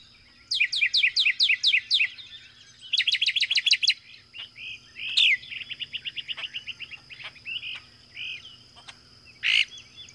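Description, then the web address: Northern mockingbird song, a rapid run of varied phrases, each repeated several times in quick bursts before switching to a new pattern of chirps and trills. North America; common western species. "Songs of Birds of North America Know Your Bird Sounds Common Western Species 33-Northern Mockingbird"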